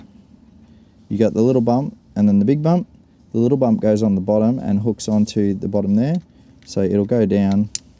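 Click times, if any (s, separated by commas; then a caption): none. A red positive wire terminal with a crimped end is lined up by hand so its small bump sits on the bottom, ready to be pushed down into a plastic socket connector housing. Someone talks throughout while it is handled, and nothing has seated or clicked yet.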